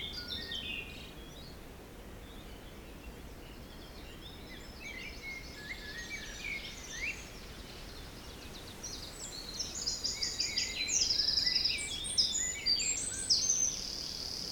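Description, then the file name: Birds give faint, scattered high chirps that grow into a louder run of trills and whistles during the second half. Forest in spring; windy, force 3 Beaufort; recorded at 1 pm. "Forest Spring Birds Windy 3 bft 1 pm"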